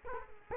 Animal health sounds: mosquito wingbeat signal from an infrared sensor; Culex quinquefasciatus

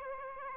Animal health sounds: mosquito wingbeat signal from an infrared sensor; Aedes aegypti

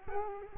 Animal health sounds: mosquito wingbeat signal from an infrared sensor; Culex quinquefasciatus

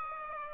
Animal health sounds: mosquito wingbeat signal from an infrared sensor; Aedes aegypti

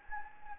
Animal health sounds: mosquito wingbeat signal from an infrared sensor; Anopheles gambiae

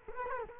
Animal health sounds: mosquito wingbeat signal from an infrared sensor; Culex quinquefasciatus

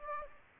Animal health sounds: mosquito wingbeat signal from an infrared sensor; Aedes aegypti

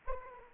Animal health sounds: mosquito wingbeat signal from an infrared sensor; Aedes aegypti

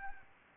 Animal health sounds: mosquito wingbeat signal from an infrared sensor; Aedes albopictus

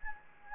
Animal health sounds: mosquito wingbeat signal from an infrared sensor; Anopheles gambiae

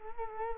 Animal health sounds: mosquito wingbeat signal from an infrared sensor; Culex quinquefasciatus

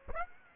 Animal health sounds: mosquito wingbeat signal from an infrared sensor; Aedes aegypti

